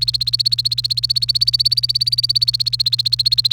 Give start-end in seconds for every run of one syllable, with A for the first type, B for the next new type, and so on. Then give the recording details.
0.00-3.53 A. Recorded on 28 April 2018 at 10:53. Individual llb3